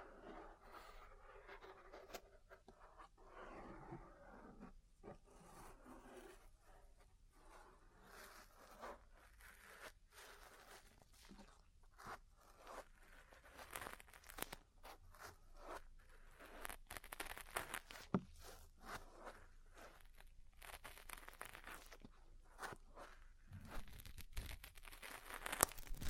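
Ear cleaning with massage, cupping and tapping: dense, crackly rustling and scratching fills the whole stretch, broken by quick bright taps and crunches. Bursts cluster irregularly, growing busier and slightly louder toward the end, with a soft low rumble underneath.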